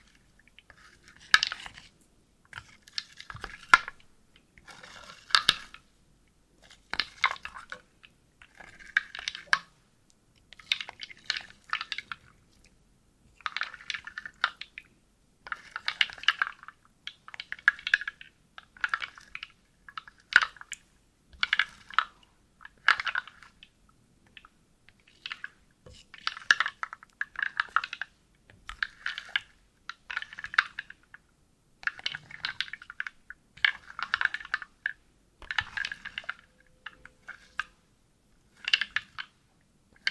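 Wooden soup: dry, crunchy clattering of wooden bits comes in short bursts every second or two, bright against near silence.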